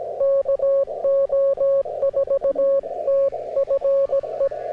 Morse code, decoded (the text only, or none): KO4TFE